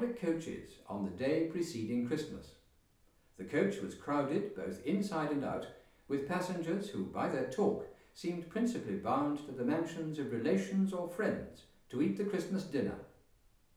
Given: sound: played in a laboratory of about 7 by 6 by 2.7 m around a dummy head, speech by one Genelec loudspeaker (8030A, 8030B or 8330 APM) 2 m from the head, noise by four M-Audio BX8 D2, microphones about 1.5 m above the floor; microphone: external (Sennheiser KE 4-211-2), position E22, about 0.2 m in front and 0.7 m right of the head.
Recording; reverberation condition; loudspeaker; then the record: male speech in English; medium; 60 degrees to the left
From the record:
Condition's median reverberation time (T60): about 510 ms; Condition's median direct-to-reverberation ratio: about -0.5 dB